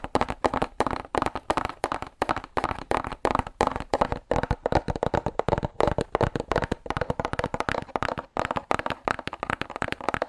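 Fast, aggressive tapping on cardboard, a dense stream of sharp, hollow knocks in quick irregular bursts that continues without pause throughout.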